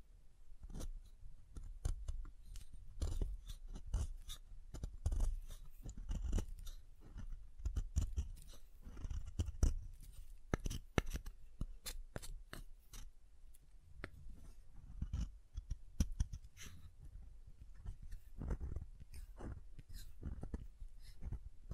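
Tapping and carving on soap, a dense run of sharp clicks and scrapes that keeps up for the whole 22 seconds. The knocks are dull and thumpy, and crisp scraping and crackling sit on top. Brief quieter gaps fall around 13 and 16 seconds.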